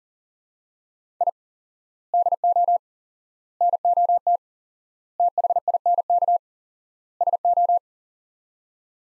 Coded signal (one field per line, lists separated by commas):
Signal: Morse code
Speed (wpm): 37 wpm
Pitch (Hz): 700 Hz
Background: none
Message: I DO NOT THINK SO